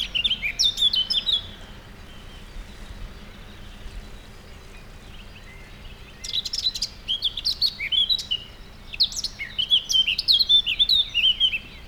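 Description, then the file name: Eurasian blackcap with a brief warble at the start, a quiet gap, then a long lively run of scratchy notes and clear whistled slurs. "Sylvia atricapilla"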